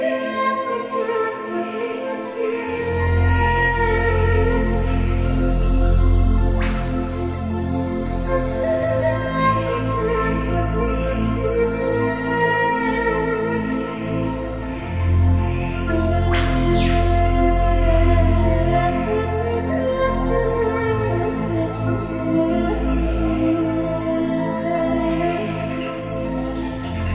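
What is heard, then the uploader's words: Voices of an Indonesian rainforest form a thick, unbroken chorus of buzzing and whistling insects and birds, layered from low hums to high shrills. A deep drone joins after about three seconds, and brief sharp calls cut through near 7 and 17 seconds. The Voices Of The Forest (from Indonesian Rainforest). Birds singing and forest sounds.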